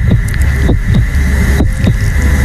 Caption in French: Ça, c'est un cœur au repos, hein. Au repos, effectivement. C'est pas un cœur après la rando.